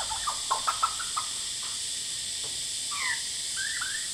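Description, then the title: Lyrebird song: short clicking notes and brief whistles, then descending and rising whistled slurs near the end, over a steady high hiss of cicadas. Male, calling very actively outside a window, Horsfield Bay, New South Wales, Australia, 23 January 2017; loud cicadas present; recording noise-reduced. "Lyrebird - Horsfield Bay NSW, Jan 23 2017"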